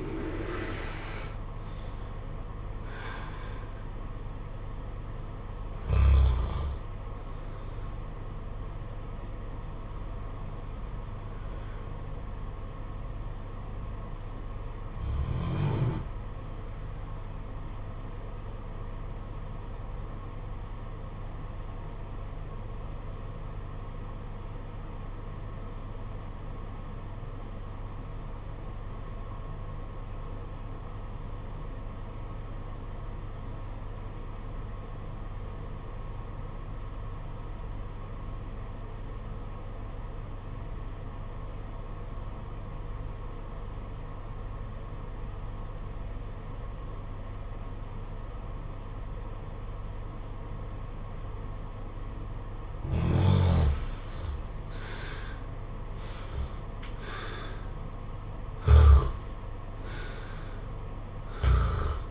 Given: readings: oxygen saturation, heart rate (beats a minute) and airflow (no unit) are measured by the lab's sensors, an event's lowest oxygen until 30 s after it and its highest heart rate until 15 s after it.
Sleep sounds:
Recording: breathing in sleep by a smartphone at the bedside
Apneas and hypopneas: 1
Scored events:
19.00-53.50 s: obstructive apnea (REM, oxygen 96% highest, then 73% lowest, heart rate 50 at the start, 72 highest)
From the record:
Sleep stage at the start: REM sleep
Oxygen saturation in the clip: 70 to 96%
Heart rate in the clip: 46 to 85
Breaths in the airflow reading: 8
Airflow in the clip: -11.0 to 14.9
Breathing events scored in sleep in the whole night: 476 in 9.7 hours asleep

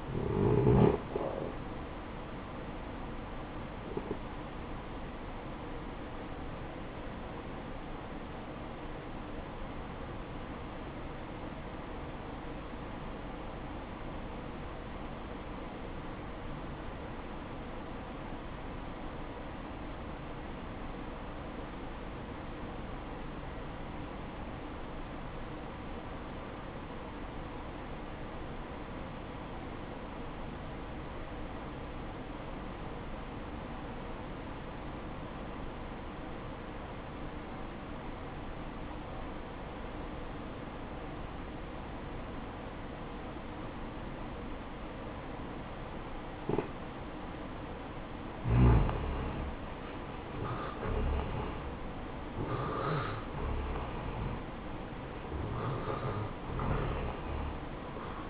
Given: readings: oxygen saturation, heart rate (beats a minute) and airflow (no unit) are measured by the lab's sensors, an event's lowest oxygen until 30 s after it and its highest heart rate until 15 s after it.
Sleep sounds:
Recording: breathing in sleep by a voice recorder at the bedside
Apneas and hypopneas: 1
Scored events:
7.00-50.10 s: obstructive apnea (N1, oxygen 95% highest, then 76% lowest, heart rate 63 at the start, 78 highest)
From the record:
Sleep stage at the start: N1 (lightest sleep)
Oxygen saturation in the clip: 78 to 95%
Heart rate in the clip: 55 to 78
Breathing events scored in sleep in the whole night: 573 in 9.8 hours asleep

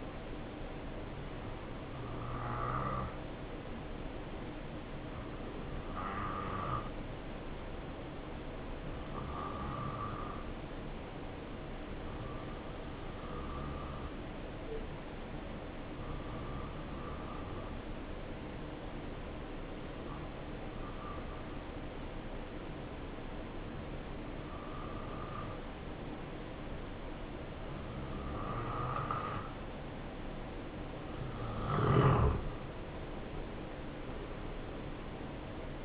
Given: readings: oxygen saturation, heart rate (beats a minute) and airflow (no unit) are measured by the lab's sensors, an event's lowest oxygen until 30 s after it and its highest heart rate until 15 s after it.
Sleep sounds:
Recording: breathing in sleep by a voice recorder at the bedside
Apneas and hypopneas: 1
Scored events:
4.00-31.20 s: hypopnea (N2, oxygen 92% highest, then 86% lowest, heart rate 72 at the start, 75 highest)
From the record:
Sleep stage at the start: N2 (light sleep)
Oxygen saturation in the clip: 87 to 92%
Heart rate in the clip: 66 to 75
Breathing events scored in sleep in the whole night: 277 in 7.4 hours asleep

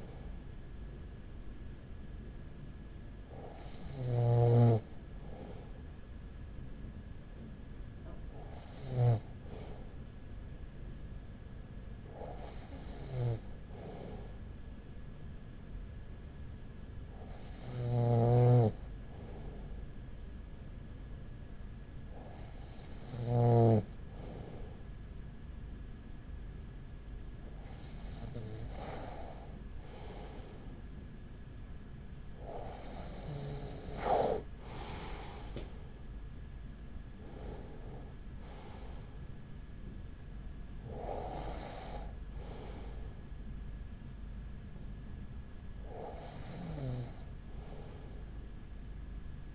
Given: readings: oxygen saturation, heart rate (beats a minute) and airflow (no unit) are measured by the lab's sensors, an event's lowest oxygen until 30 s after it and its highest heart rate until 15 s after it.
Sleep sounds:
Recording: breathing in sleep by a smartphone at the bedside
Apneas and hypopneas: 1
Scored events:
12.00-32.50 s: hypopnea (N2, oxygen 95% highest, then 94% lowest, heart rate 39 at the start, 44 highest)
From the record:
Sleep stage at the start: N2 (light sleep)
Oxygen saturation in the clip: 94 to 95%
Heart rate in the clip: 39 to 44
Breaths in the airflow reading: 10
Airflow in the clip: -7.9 to 8.4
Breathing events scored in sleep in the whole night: 207 in 7.6 hours asleep

